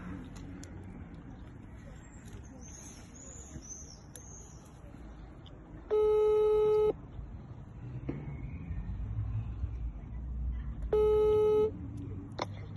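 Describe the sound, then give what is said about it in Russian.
A phone ringback tone, on a call made from a different phone, purrs twice, each steady electronic ring lasting about a second with a long pause between, over constant outdoor traffic rumble and faint chirping birds. “по старой схеме набирать через другой номер, свой выключить, поэтому звоним с другого телефона.”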